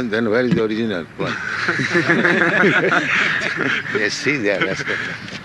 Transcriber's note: laughter